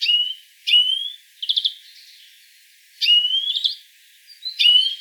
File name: Chloris chloris